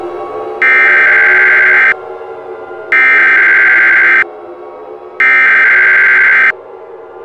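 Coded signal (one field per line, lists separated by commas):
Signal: Emergency Alert System (SAME) tones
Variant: header bursts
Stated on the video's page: Fictional EAS scenario, remastered version.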